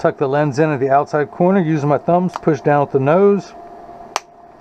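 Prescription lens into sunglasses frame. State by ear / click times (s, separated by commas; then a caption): seated / 4.2 s. Someone talks while a prescription Crizal Prevencia lens is tucked in at the outside corner of an Oakley Crossrange sunglasses frame and pressed down at the nose side with the thumbs. A single sharp snap is heard at 4.2 s as the lens seats in the frame groove.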